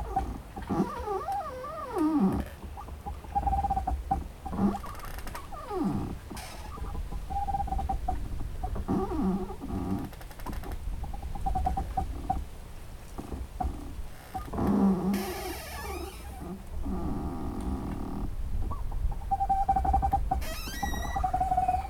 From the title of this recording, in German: Knarrende Bäume im Wind